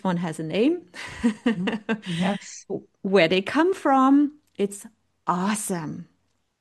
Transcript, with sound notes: Each one has a name. (laughs)
Mm-hmm. Yes.
Where they come from. It's awesome.